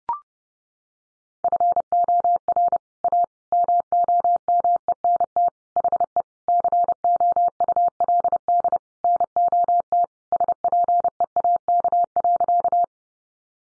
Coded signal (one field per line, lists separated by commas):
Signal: Morse code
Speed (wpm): 30 wpm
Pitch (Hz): 700 Hz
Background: none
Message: FOR A MOMENT HE COULD NOT SPEAK.